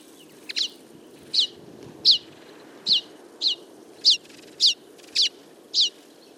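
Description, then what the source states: Common Linnet calls: a series of short, bright notes at a fairly even pace, over a soft low rumble of background noise. Flock of about fifty feeding in a field, late summer; calls, flight calls and autumn babbling; recorded for an hour with a mono parabolic microphone.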